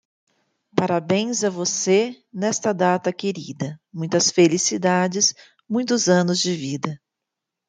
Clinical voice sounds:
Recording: short text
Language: Brazilian Portuguese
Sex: female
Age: 40 to 49 years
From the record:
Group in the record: control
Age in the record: 46 years

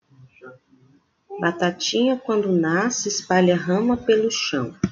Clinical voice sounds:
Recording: short text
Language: Brazilian Portuguese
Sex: female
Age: 30 to 39 years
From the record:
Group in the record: control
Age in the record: 35 years

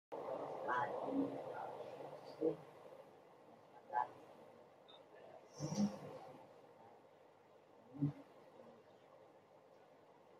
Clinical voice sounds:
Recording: short text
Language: Brazilian Portuguese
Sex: female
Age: 40 to 49 years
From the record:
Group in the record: control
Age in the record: 45 years

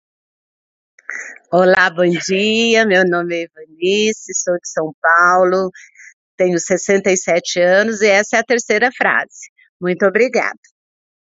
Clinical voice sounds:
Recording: short text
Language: Brazilian Portuguese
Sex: female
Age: 60 to 69 years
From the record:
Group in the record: control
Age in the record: 67 years

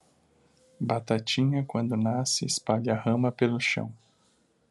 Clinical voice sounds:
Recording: short text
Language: Brazilian Portuguese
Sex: male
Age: 30 to 39 years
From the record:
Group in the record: control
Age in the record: 31 years

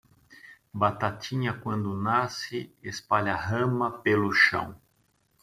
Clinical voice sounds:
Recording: short text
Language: Brazilian Portuguese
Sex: male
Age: 50 to 59 years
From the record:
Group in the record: control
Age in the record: 51 years

